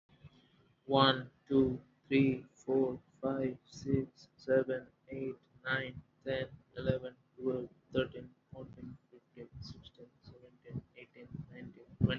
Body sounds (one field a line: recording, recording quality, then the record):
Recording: counting at a normal pace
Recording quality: excellent, no background noise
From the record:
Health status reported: healthy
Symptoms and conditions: none ticked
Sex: male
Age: 25 years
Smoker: not ticked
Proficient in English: yes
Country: India